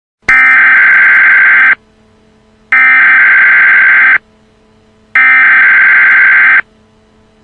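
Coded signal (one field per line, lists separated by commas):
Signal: Emergency Alert System (SAME) tones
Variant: header bursts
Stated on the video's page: EAS hurricane warning with an added static effect.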